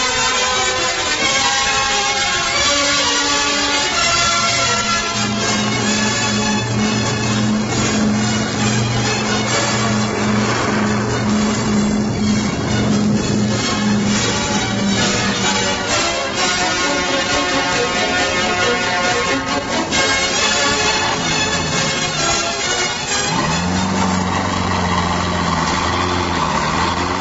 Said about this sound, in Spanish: El avión cruza raudamente los cielos. Queda suspendido en el aire.